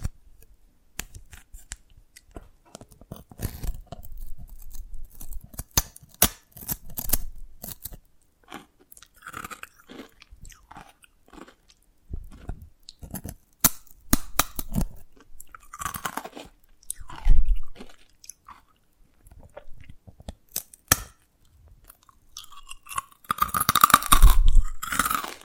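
Dalgona candy being tapped and cracked, with dense bursts of sharp, crisp clicks and crunches coming in irregular clusters. Quieter pauses separate the louder runs, and the busiest, loudest cracking comes near the end, around 23 to 25 seconds.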